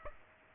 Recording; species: mosquito wingbeat signal from an infrared sensor; Aedes aegypti